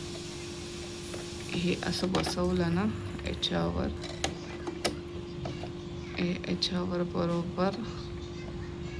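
A detachable presser foot is being fitted by hand onto the presser-foot holder of a Usha Janome Marvela sewing machine. Someone talks while faint handling taps and a few short sharp ticks are heard over a steady low hum. The foot has not seated or clicked into place yet.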